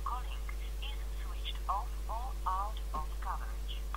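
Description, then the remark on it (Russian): A phone call to a seller's disconnected number from an Avito listing: a tinny, narrow-band recorded voice speaks over the line, with a steady low electrical hum running underneath throughout. “телефон отключен, я ему набрал.”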